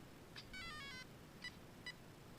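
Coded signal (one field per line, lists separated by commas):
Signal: beep code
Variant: Castle Creations ESC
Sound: quick rising-falling electronic startup melody, then 2 short beeps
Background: background hum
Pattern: 2 short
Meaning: Two beeps mean the ESC detected a 2S (two-cell) LiPo battery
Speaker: when you turn this on it's gonna beep and then you're gonna hear two beeps it means he has a two s 5000mah to us battery in here that's why it's gonna be twice if you put a 3 s battery in here it's gonna beep three times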